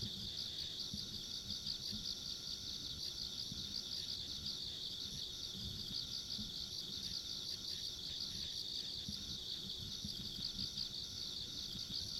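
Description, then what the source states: Insects chirr in a continuous high trill with quick rhythmic pulsing, over a gentle low background rumble. Ambient insect sounds recorded along a country road.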